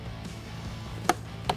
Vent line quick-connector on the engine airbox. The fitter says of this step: then once you push the clip, you'll hear a pop, and then you can slide these out of the way.